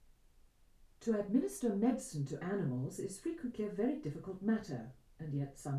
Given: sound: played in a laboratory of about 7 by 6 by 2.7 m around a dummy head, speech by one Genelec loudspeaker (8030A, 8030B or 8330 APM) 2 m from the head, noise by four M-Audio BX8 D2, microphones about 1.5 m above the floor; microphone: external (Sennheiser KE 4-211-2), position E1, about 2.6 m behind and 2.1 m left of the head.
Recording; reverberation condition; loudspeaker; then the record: female speech in English; low; 120 degrees to the left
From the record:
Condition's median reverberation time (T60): about 310 ms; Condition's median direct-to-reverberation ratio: about 3.5 dB